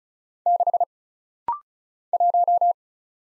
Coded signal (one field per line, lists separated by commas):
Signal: Morse code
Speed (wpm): 36 wpm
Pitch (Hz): 700 Hz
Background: none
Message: 6 1